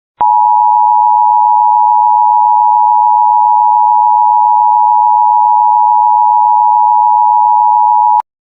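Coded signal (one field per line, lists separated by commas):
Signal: Emergency Alert System (SAME) tones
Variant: 853 and 960 Hz attention tone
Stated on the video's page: Recreation mock of a Texas statewide Amber Alert using valid EAS tones, including an FM broadcast station variant.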